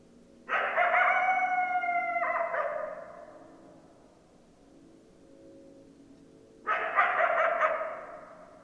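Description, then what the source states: Coyotes howl in a chorus of layered howls that breaks into yips and trails off, then a second chorus of yips and howls starts. Several coyotes; recorded 10 December 2012.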